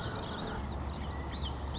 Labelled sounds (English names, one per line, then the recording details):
Marsh Wren
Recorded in Sonoma County, California